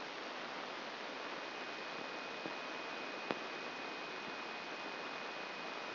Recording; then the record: brain microelectrode recording played as sound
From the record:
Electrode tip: inside the subthalamic nucleus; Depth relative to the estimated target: 2 mm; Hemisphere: left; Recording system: AlphaMap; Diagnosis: Parkinson's disease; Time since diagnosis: 10 years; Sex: female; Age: 63 years